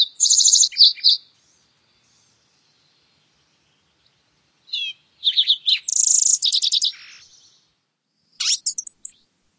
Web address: Songs of Birds of North America Stokes. Green-tailed Towhee